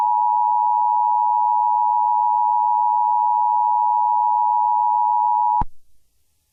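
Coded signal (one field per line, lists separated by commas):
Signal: Emergency Alert System (SAME) tones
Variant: 853 and 960 Hz attention tone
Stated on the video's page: Fictional EAS scenario set at a Black Friday electronics store.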